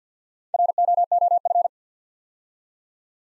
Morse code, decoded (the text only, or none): ROOF